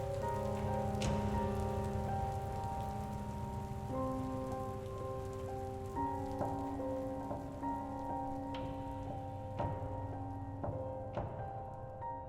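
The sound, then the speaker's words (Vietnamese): Steady, even rain pours down throughout, with a few sharper drip-like taps, while soft sustained musical tones hum beneath and shift slowly. No one speaks. “cô chạy về nhà với bộ dáng ướt như chuột lột.”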